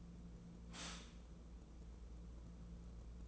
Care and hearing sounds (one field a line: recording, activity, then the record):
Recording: daily activity, microphone in the room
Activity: stop toaster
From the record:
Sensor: 1